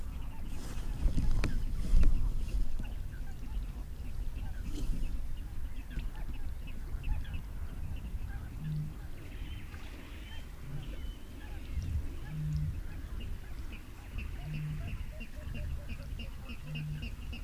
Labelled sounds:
Little Crake

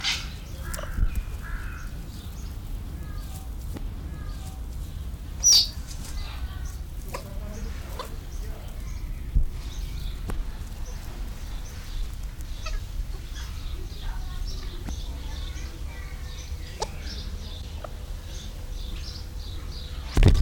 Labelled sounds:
Galah call

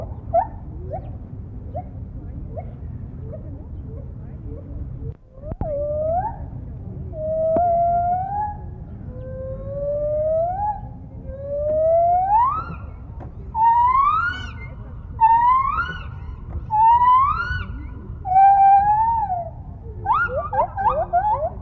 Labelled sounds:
Lar Gibbon

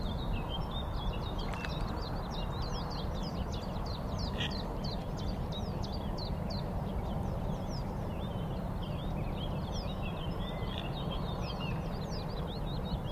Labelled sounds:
Common Goldeneye

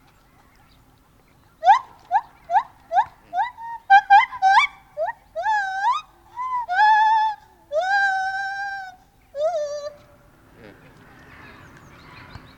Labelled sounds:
Lar Gibbon

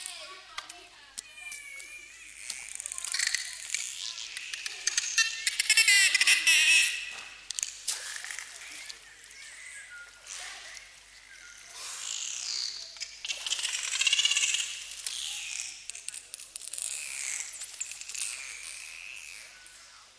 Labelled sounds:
Bottlenose Dolphin call

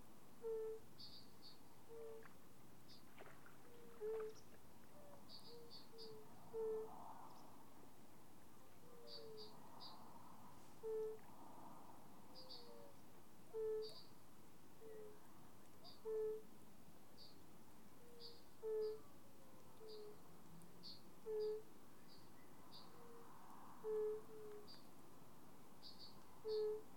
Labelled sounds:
Fire-Bellied Toad call

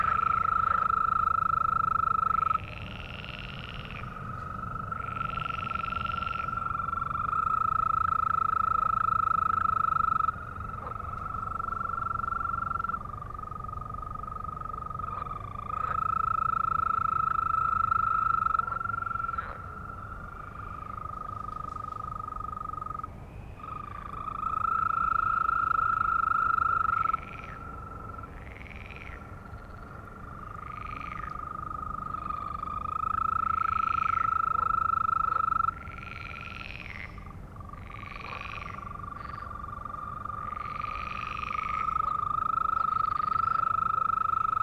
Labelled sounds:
Green Toad call

